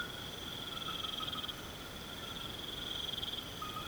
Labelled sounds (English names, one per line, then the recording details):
none
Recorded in pastures near Puerto Asís, Putumayo, Colombia, on 21 March 2025 at 23:30
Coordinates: 0.486, -76.323
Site G075